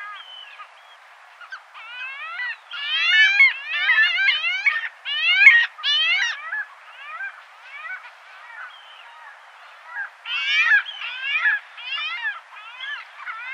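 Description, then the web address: Arctic skua uttering a long series of harsh, mewing wails in quick succession, rising and falling, with louder clusters in the middle and near the end. Calls given at the nest. "Schulze Peter Arctic Skua"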